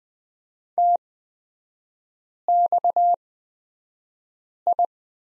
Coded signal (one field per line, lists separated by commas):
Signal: Morse code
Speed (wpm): 20 wpm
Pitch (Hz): 700 Hz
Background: none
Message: TXI